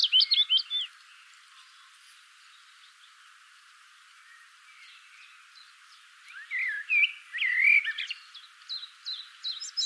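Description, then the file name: Common blackbird song: a brief squeaky twitter at the start, several quiet seconds, then a fuller warbled phrase with fluty and shrill notes from about six and a half seconds. "Turdus merula"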